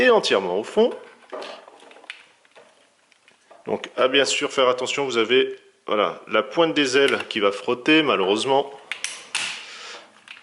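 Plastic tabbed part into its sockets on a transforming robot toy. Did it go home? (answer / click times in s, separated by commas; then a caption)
yes / 8.9 s, 9.0 s. A plastic tabbed part is pushed fully home into its sockets on a Transformers Masterpiece MP-24 StarSaber transforming robot toy while someone talks. Two sharp plastic clicks come at 8.9 s and 9.0 s as the part clips in. The tabs are seated in their sockets.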